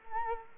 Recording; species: mosquito wingbeat signal from an infrared sensor; Culex quinquefasciatus